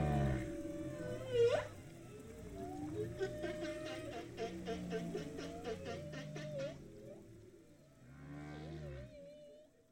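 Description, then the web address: Humpback whale song with layered moaning tones and rising whoops, a burst of rapid pulsed clicks in the middle, and a low rumbling underneath. Binaural, in the ocean; heard first above the water and then below it. "3 D-Binaural Audio - the future of audio Ocean - Humpback whale"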